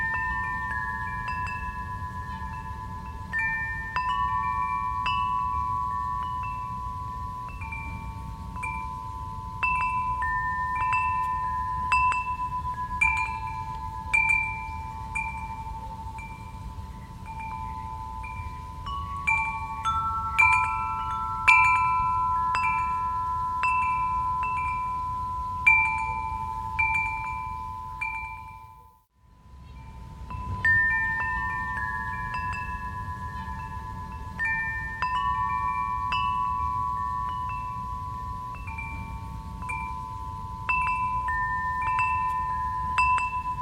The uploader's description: soothing sound of wind chimes dances in the breeze